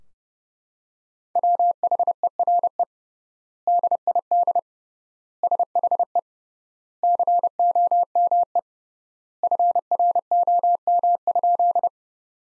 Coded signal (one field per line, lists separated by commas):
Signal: Morse code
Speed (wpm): 30 wpm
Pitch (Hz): 700 Hz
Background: none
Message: WHERE DID SHE COME FROM?